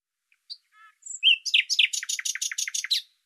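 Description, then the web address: Bird song opening with scattered thin high notes, then a rapid, steady series of sharp, buzzy downward-sweeping chirps in close succession. "Deverinetal 2025"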